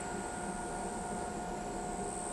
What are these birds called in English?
none